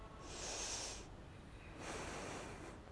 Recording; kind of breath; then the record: one breath in and out by a microphone near the nose and mouth; deep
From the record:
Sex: female